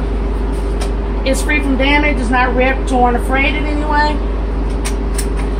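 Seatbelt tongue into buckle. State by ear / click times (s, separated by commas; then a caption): seated / 5.2 s. A seatbelt tongue is pushed into its buckle during an in-cab inspection to check the belt. Someone talks over a steady low hum. A short click at 5.2 s shows the buckle latching into place.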